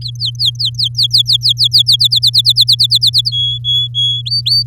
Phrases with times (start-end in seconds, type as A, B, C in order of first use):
0.01-1.96 A, 1.99-3.31 B, 3.32-4.22 C, 4.25-4.63 D